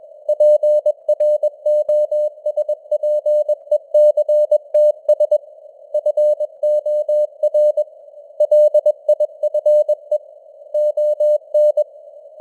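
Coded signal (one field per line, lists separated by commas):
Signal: Morse code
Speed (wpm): 21 wpm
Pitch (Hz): 600 Hz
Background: none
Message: PROSPECTS FOR LIFE ON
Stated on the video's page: Simulated Morse news at 21 wpm with simulated radio noise and varying signal strength (QSB).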